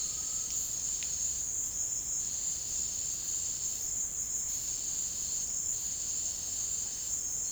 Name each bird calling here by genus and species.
Crypturellus undulatus